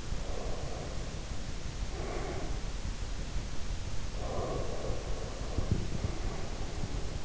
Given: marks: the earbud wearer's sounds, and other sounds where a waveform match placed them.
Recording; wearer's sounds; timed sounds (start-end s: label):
sounds in sleep by an in-ear microphone; breath, teeth grinding
0.09-2.93 s: breath
4.03-7.25 s: breath
5.39-6.33 s: teeth grinding